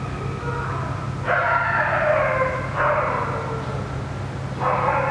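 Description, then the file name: Dog crying in three drawn-out, wavering whines over a steady low mechanical hum. Dog crying near a ventilation system. "francisco meirino - a dog crying near a ventilation system"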